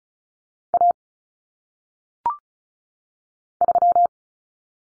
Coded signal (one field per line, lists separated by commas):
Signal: Morse code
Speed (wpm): 34 wpm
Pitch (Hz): 700 Hz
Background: none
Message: A 3